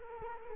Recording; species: mosquito wingbeat signal from an infrared sensor; Culex quinquefasciatus